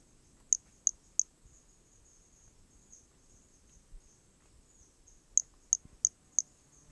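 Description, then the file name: Hermogenes' pumpkin toadlet calling in short bursts: three rapid high chirps, a pause, then four more. Corcovado; recorded specimen; starting notes lost, recorded without interruption. "MHNCI Brachy hermogenesi Corcovado specimen one two starting notes lost without interruption"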